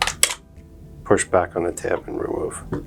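The tab on the plastic mount of a 1595 EZ Mount tray adapter is pushed back, giving two sharp clicks at 0.0 and 0.2 seconds as the latch releases. Someone then talks while the tray adapter is removed from the mounting plate.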